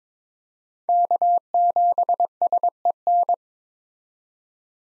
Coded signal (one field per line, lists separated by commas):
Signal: Morse code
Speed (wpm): 22 wpm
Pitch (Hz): 700 Hz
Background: none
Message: K7SEN